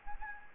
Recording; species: mosquito wingbeat signal from an infrared sensor; Anopheles gambiae